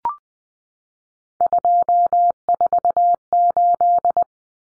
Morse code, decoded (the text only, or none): 248